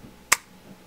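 A retaining screw on a custom Halo-themed saber hilt is turned counterclockwise until the crystal chassis releases and pops out with a single sharp snap at 0.3 s. The rest of the clip is quiet apart from a faint low hum.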